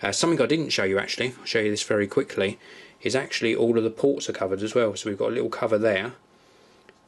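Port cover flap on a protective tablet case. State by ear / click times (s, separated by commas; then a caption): seated / 6.9 s. Someone talks as the rubber/plastic port cover flap on an Otterbox Defender Series protective case for a Blackberry Playbook tablet is pressed closed over the bottom ports. After the talking stops, a short, quiet snap at 6.9 s marks the flap seating back into place reasonably easily.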